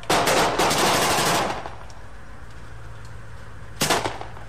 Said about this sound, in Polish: I obrazy, ale przede wszystkim dźwięki. Wymiana ognia i strzały z rosomaka i krzyki kolegów, że ja dostałem.